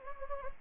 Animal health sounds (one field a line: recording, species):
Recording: mosquito wingbeat signal from an infrared sensor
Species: Anopheles gambiae